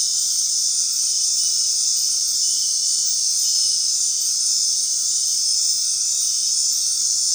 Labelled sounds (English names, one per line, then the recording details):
none
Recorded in dense forest near Puerto Asís, Putumayo, Colombia, on 19 February 2024 at 19:30
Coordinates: 0.499, -76.324
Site G6469